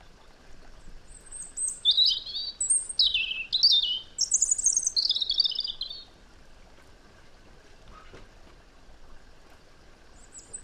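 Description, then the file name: European robin giving a series of short, high tinkling and warbled phrases over about five seconds, followed by quiet with only faint background hiss and a last high note. "Erithacus rubecula"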